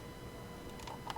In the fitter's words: and you can hear it locks perfectly